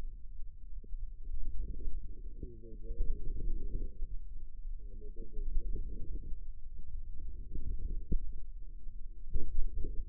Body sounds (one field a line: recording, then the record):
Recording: forearm muscle sounds (acoustic myography)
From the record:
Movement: wrist flexion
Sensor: system 2, bracelet of six BSWA MPA416 microphones around the upper forearm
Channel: 2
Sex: male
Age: 22 years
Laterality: right